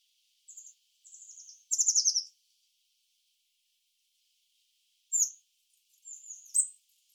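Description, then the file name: Eurasian blue tit calls: thin, high whistled notes, then a loud, rapid, buzzy descending trill, with more high notes and a short churring phrase after a pause. "Cyanistes caeruleus"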